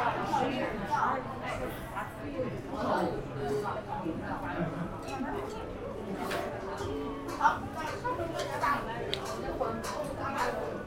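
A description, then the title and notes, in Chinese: Talk fills the air on a trip to eat noodles in Xiang'er Hutong, with several voices overlapping in steady, continuous chatter. Occasional short clinks and knocks break through, one sharper sound near seven seconds, and a low hum runs underneath throughout. 去香饵胡同吃小面｜城市声音。下午。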